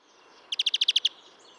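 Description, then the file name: European greenfinch: a quick run of eight short chirped notes, evenly spaced and fairly high, lasting about half a second against faint background hiss. "Chloris chloris"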